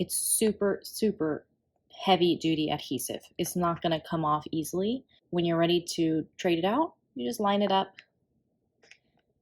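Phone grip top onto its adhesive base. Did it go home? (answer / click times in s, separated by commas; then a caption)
yes / 8.9 s. Someone talks about the super heavy-duty adhesive, then lines up the swappable plastic top of a rose gold PopSockets phone grip on its adhesive base and twists it back on. A small, quiet click at 8.9 s marks the top locking into place.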